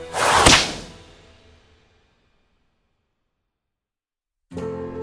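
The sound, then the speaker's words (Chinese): A single loud lash of a burning whip swishes and cracks through the air, its bright burst trailing off into a ringing tail, followed by silence before a new harmonic-rich sound begins at the end. “一根燃火的长鞭和一道青红阻挡了凤凰的身形。商井救起昭元，林京在一鞭子向火凤甩去”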